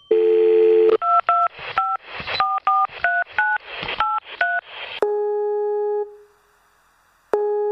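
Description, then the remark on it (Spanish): Telephone keypad dialing tones, as used to answer a questionnaire by phone keypad: a steady dial tone gives way to about a dozen quick, bright two-note beeps in a brisk run, then a longer flat tone, a brief silence, and another tone. “El presente cuestionario debe ser respondido con el teclado telefónico.”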